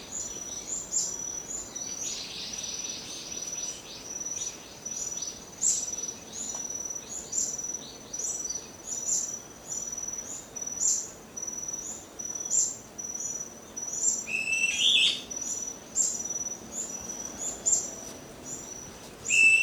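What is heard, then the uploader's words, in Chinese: Morning birdsong in nature: a thin, very high chirp repeats steadily about every second throughout, over a soft, constant insect-like hiss. Brief lower chirps break in around the middle and near the end, while the background stays quiet. 大自然的声音-晨曦鸟鸣。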